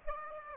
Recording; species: mosquito wingbeat signal from an infrared sensor; Aedes aegypti